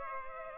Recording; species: mosquito wingbeat signal from an infrared sensor; Culex pipiens